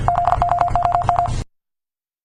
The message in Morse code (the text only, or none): ZOOM